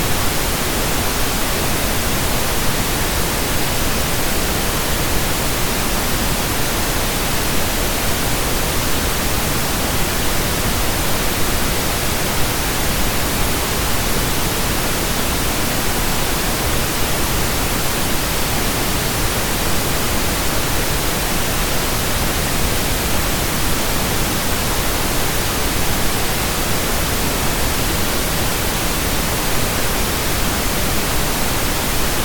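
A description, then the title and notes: Steady, dense pink noise hisses evenly for the whole clip, full and unchanging from deep rumble to bright hiss, with no other sounds. Pink Noise Sound Machine.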